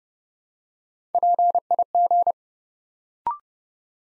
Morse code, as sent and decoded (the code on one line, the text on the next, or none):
.--. .. --.
PIG